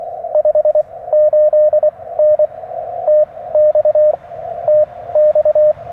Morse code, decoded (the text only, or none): 58N TX TX